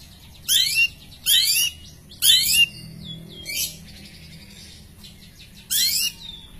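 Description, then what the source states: Long-tailed shrike song: several harsh, buzzy phrases, most ending in a curved whistle, separated by pauses. Recording of varied birdsong used as masteran, a tutor recording for training songbirds.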